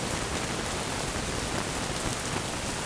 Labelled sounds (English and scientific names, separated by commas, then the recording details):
none
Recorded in dense forest near Puerto Asís, Putumayo, Colombia, on 27 June 2025 at 07:00
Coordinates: 0.503, -76.323
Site G059